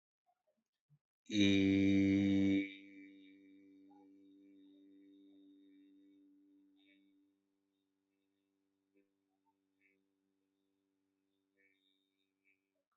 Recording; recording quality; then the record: sustained vowel as in beet; poor, much background noise or distortion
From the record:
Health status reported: healthy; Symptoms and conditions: hypertension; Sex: male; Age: 50 years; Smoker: not ticked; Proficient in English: yes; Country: India